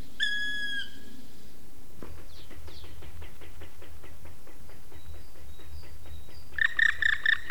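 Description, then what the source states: Black woodpecker: a drawn-out clear harmonic call, then a run of dry pulses like whirring wingbeats, ending in a quick series of ringing calls. Wing whooshing, flight sound and call.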